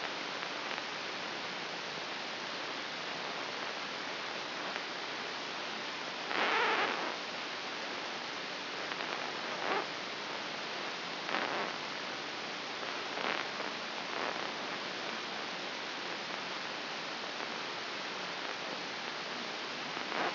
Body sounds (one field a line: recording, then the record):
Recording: brain microelectrode recording played as sound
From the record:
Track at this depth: outside the subthalamic nucleus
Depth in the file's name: 7.505 mm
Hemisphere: left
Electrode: 3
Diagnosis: Parkinson's disease